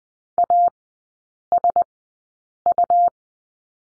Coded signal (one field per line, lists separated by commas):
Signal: Morse code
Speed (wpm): 20 wpm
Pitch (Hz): 700 Hz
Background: none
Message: ASU